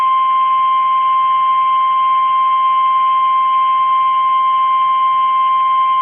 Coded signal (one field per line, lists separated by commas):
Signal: Emergency Alert System (SAME) tones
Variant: 1050 Hz attention tone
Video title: MULTIPLE DAY ALERTS 3 | EAS Alerts from 5/1/25 - 5/3/25